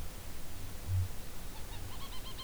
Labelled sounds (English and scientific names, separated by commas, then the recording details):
Kākāpō (Strigops habroptilus) boom
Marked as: faintness 4/5
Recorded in New Zealand
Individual Ben